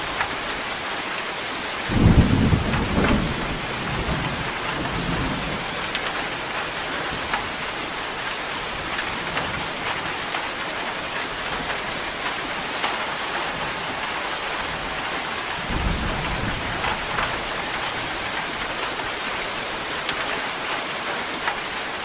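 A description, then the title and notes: Steady, dense rain hisses throughout, with a low rumble of thunder swelling near two seconds and a softer roll around sixteen seconds. Nature Sounds Rain and Thunder.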